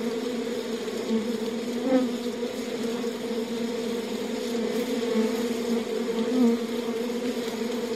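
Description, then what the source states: Honey bee: steady hive hum of many honey bees, a low continuous drone with brief louder swells near two and six and a half seconds. Recorded at a beehive.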